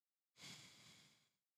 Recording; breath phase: one breath near a microphone; exhalation